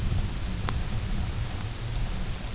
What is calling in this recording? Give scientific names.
none